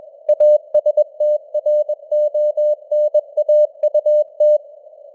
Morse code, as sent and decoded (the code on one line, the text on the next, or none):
.- ... - .-. --- -. .- ..- -
ASTRONAUT